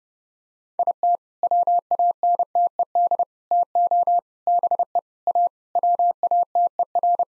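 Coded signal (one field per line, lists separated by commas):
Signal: Morse code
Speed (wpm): 30 wpm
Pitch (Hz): 700 Hz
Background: none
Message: IT WANTED TO BE A WATER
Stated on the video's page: Morse practice set at 30 wpm.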